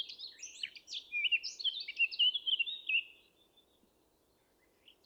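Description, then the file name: Eurasian blackcap delivering one melodious, jumbled warbling phrase of quick whistled notes lasting about three seconds, followed by quiet with a faint high note at the end. "Sylvia atricapilla"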